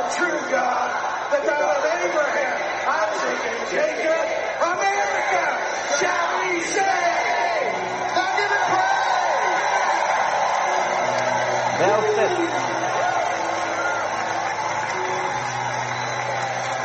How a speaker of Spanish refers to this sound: Y la gente grita, Estados Unidos, Estados Unidos.